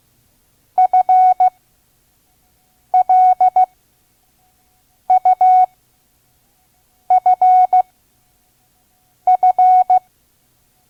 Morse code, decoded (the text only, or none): FLUFF